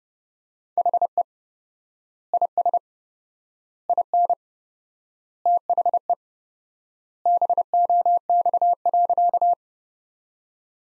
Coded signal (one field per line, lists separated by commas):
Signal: Morse code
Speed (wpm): 32 wpm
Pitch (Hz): 700 Hz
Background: none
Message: HE IS IN THE BOX.